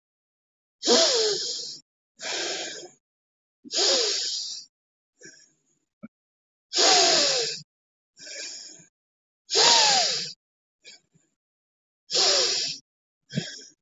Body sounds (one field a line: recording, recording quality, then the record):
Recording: deep breathing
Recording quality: excellent, no background noise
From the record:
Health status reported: healthy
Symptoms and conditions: diabetes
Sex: female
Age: 41 years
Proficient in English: yes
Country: Canada